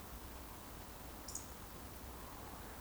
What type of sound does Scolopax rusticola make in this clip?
whistle